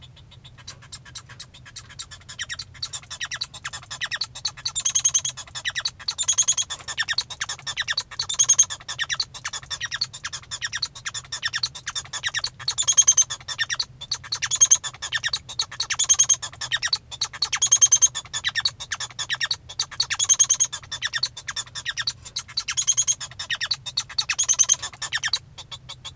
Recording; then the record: song of a male Bengalese finch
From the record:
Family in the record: son of father 1